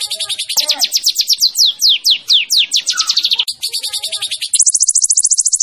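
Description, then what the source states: White-rumped shama singing a rapid series of loud, descending whistled notes that shifts into a fast, high-pitched trill near the end. Champion bird's song used as a masteran tutoring recording for songbirds.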